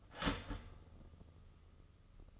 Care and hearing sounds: daily activity, microphone in the room; start toaster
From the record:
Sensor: 4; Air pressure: 996.0 hPa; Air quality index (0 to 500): 67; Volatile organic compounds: 2 ppm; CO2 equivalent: 1223 ppm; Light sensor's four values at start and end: 12/32/12/14 and 12/30/12/13

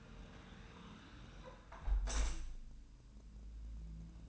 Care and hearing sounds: daily activity, microphone in the room; close window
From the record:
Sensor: 2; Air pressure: 999.8 hPa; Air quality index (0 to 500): 222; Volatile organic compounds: 50 ppm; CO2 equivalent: 3302 ppm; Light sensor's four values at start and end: 8/20/8/8 and 8/19/8/8

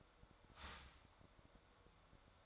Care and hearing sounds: daily activity, microphone in the room; start toaster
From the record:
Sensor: 3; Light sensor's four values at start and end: 4/11/4/4 and 4/11/4/4

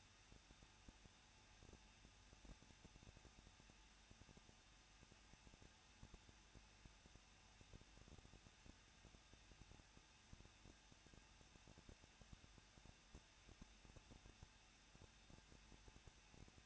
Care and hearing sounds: daily activity, microphone in the room; no activity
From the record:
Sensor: 2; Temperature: 21.0 degrees Celsius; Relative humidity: 37.5%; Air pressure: 1006.3 hPa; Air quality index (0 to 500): 223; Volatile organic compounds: 25 ppm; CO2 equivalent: 2839 ppm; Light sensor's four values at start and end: 2/3/2/2 and 2/3/2/2

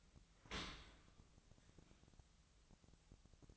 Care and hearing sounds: daily activity, microphone in the room; open dishwasher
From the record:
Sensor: 3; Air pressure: 1003.0 hPa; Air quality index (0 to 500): 196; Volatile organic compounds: 6 ppm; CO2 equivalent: 1916 ppm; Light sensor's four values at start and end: 18/45/19/20 and 18/45/19/20

